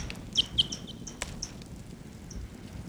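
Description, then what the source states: Red Crossbill calls: two sharp, high toots close together, then a few fainter clipped notes. Captive decoy giving type 6 calls, microphone aimed at it, while a wild type 6 flock sits in a pine near the nets; October 11.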